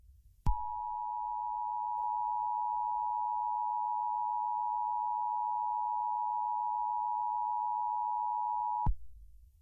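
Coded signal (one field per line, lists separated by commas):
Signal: Emergency Alert System (SAME) tones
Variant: 853 and 960 Hz attention tone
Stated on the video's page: Fictional EAS scenario preview about a comet, a simulated alert.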